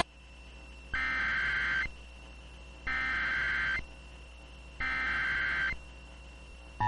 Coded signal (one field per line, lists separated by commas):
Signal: Emergency Alert System (SAME) tones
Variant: header bursts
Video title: Still More From The Backlogs... EAS Alerts from 7/2/2022 (EAS #1357-1360)